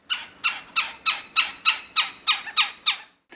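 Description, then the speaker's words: Red-bellied Woodpecker chuck calls, ten harsh notes repeated about three times a second, evenly spaced, with a fainter note after a short pause. Most recognizable call, also called a queer call; given in many situations from attracting a mate to contact between mated pairs; very vocal year-round; recording from Xeno-Canto. "Their most recognizable call is that chuck. I also see it referred to as a queer call."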